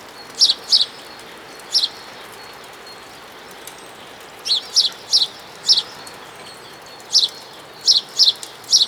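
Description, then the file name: House sparrow chirping repeatedly, bright short notes often doubled or tripled in quick succession, with gaps of a second or more, against faint hiss. "Passer domesticus"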